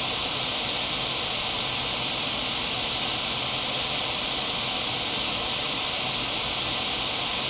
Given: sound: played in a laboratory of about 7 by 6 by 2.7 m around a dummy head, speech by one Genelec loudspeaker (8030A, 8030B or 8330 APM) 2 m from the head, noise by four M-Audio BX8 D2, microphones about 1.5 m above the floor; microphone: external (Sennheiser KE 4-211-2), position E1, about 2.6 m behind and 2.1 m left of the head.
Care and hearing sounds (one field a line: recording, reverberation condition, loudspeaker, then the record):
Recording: white noise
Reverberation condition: low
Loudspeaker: four, about 170 cm from the corners of the room and facing them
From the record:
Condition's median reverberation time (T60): about 310 ms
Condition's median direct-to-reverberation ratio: about 3.5 dB